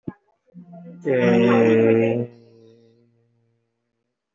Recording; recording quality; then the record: sustained vowel as in made; excellent, no background noise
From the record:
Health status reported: respiratory illness, not identified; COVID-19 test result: negative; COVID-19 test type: RT-PCR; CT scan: taken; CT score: 0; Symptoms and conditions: another respiratory illness, another condition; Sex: male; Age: 19 years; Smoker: no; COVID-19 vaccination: none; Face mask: worn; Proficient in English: yes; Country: India